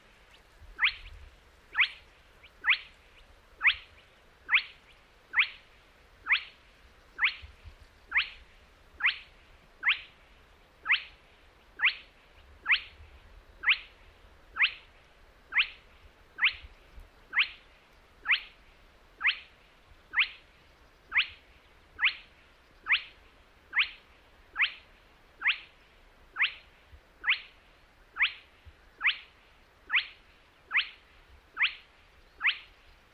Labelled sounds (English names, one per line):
Spotted Crake